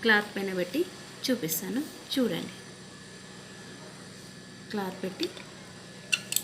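A pearl bead with no holes is fixed onto a piece of cloth with a hand press machine, the pearl rivet pressing into the cloth. Someone talks over a steady low hum, then two sharp, short clicks come at 6.1 s and 6.4 s as the lever is pressed and the pearl seats in the cloth.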